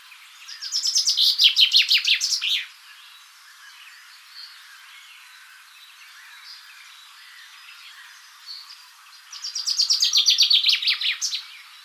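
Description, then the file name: Common chaffinch singing two rattling, descending phrases with a final flourish, separated by about seven seconds of quiet with soft chirps. "Fringilla coelebs"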